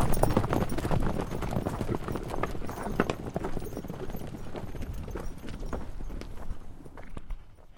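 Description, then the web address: Horse hoofbeats: a group running with dense, uneven thumping steps on soft ground, gradually fading toward the end. Flock of horses running by on dirt. "Lynne Music Flock-Of-Horses-Run-By-On-Dirt"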